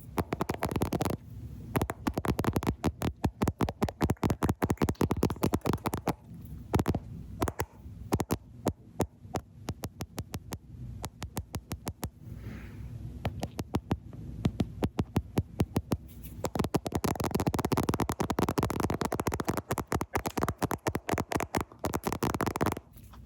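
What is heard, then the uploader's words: Fast tapping directly on a camera, with dense bursts of sharp knocks that come in quick runs and brief pauses, thinning out around the middle before picking up again. A low, dull hum sits underneath throughout. ASMR Camera Tappies! (Tapping directly on the camera + your face).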